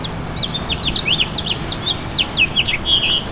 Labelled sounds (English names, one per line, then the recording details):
House Finch song
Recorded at Bay Shore on Long Island, New York, on 29 May 2013
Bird G